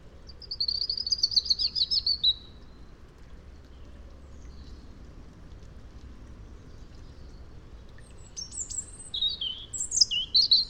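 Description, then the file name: European robin song: a high, rapidly trilled phrase of about two seconds, a long pause, then another thin, varied phrase of sharp whistles and twitters. "Erithacus rubecula"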